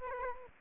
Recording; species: mosquito wingbeat signal from an infrared sensor; Aedes aegypti